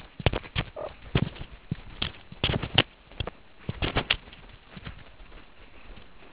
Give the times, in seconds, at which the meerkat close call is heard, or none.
0.76-0.88